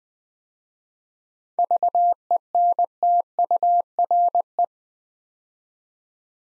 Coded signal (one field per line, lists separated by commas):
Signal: Morse code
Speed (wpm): 20 wpm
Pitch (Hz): 700 Hz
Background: none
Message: VENTURE